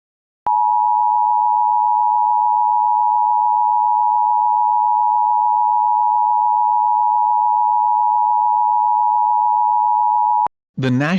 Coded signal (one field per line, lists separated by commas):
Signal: Emergency Alert System (SAME) tones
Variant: 853 and 960 Hz attention tone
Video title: [EAS RECONSTRUCTION] July 3rd, 2026 Considerable SVR for Van Buren, Ottawa, Allegan, Michigan